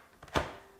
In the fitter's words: get your battery, pull that lever up, slide it in, again, satisfying click, put the lever down, and it's ready to go.